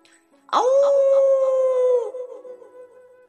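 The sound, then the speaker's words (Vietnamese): A single sustained canine howl, from four trembling, cowering wolf-dogs, rises sharply and holds a steady mid-pitched tone for about a second and a half, then trails off into a fainter, wavering moan. “Ở dưới khí thế này, bốn con địa minh lang khuyển run rẩy gào thét, thân thể phủ phục.”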